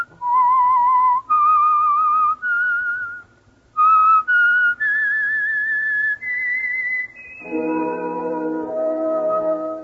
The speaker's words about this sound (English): Let that whistle be your signal for the Signal Oil program, The Whistler, each Sunday night at this same time.